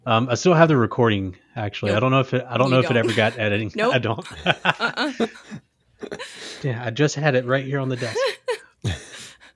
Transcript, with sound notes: so I have the recording actually. I don't know if it, I don't know if it ever got editing. I don't. (laugh) I just had it right here on the desk.